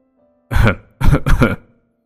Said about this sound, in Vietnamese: ho lên mấy tiếng, rồi thằng hắn giọng nói. Nè, tao ho trước mặt vợ tao đó. Ai nói tao không dám mày?